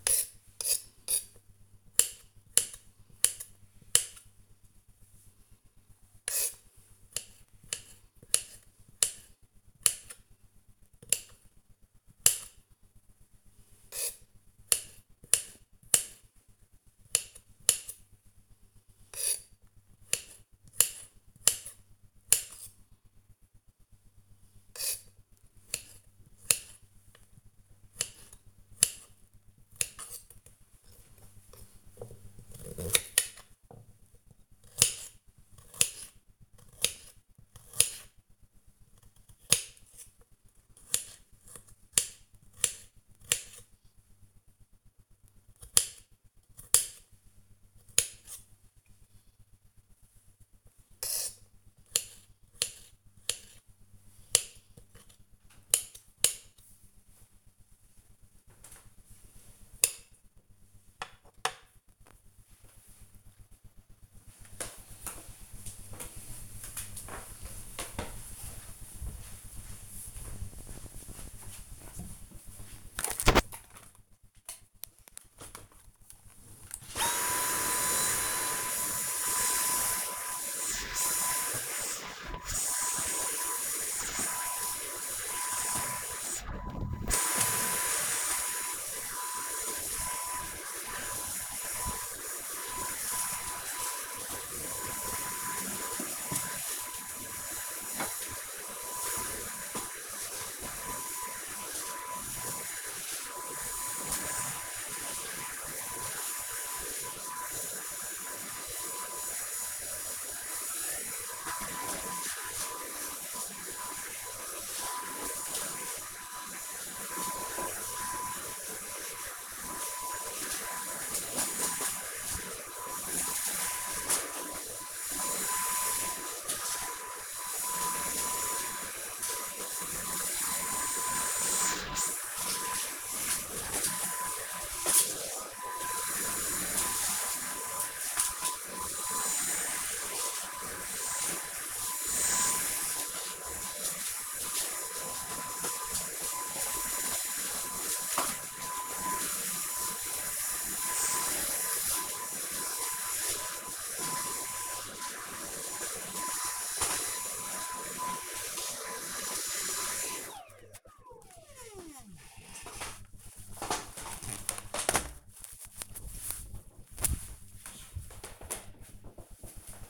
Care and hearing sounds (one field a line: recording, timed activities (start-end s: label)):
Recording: household activities, microphone on the right wrist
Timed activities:
0.00-60.45 s: cutting vegetables
74.55-160.25 s: vacuum cleaning